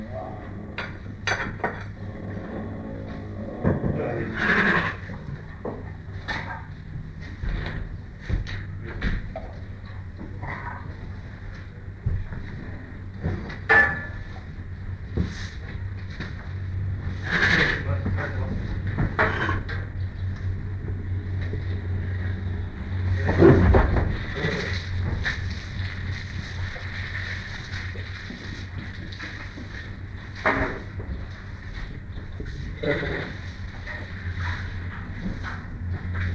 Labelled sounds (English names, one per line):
Tiger